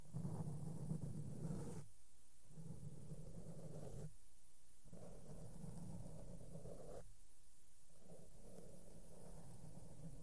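Makeup brushes sweep softly across a microphone, making a low, rough rustle that rises and falls in long strokes. The brushing stops briefly near two, four and seven seconds, leaving short gaps of near silence before the soft scratching resumes.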